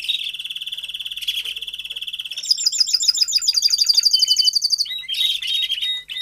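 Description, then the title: Domestic canary singing a long rapid trill on one pitch, then choppy repeated notes and a brief final flourish. Male Belgian canary singing a lot; meant to warm up and train young canaries. "Canary Training Esquente Seu Filhote E Canario Belga Em 30 Minutos Macho Cantando Muito"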